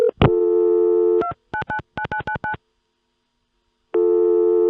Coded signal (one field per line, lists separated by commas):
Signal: DTMF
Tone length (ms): 100 ms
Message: 2999999